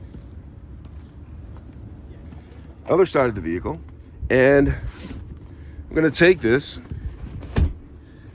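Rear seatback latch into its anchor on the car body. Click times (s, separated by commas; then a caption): 7.6 s. Someone talks while raising the folded rear seatback of a Tesla Model Y and pushing it back upright. At 7.6 s a sharp click is heard as the seatback latch engages its anchor on the car body, and the seat is latched upright.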